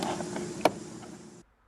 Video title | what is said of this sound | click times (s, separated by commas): Dodge Ram Signal & Running Light Switchback Tow Mirror Light Replacement - (2009-2018 Ram 4th Gen) | the handle bezel back on here and snap right into place and | 0.7 s